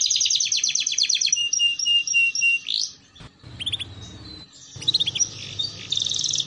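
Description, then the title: Canary song: rapid trilled phrases of high chirps, then a pause with low hum before more varied twittering and buzzy notes. Belgian canary song used to warm up, lure and train canaries, a master song for young canaries learning to sing. "Canto Para Esquentar Canário Belga. Terapi Pancingan Suara Kenari Gacor || Masteran Kenari Paud Belajar Bunyi"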